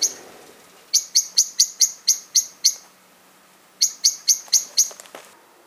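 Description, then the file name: Common blackbird, two runs of crisp chink notes, evenly spaced and quick. "Turdus merula"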